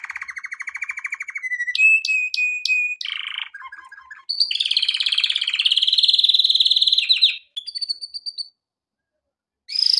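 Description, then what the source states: Canary song, a low buzzy roll, a whistled tone with sharp clicks, brief chattering notes, then a loud sustained trill and short whistles. Intended for training canaries.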